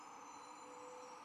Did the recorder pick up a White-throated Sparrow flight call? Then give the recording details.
no. No flight call is heard. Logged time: 06:21 on 1 December 2014